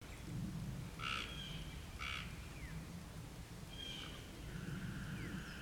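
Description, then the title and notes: Cope's gray treefrog with two clipped buzzy trills a second apart, then quieter calls and thin whistled slides over a low droning background. Recorded in Arkansas, United States. "Cope's Gray Treefrog-AR by Christie Mullen"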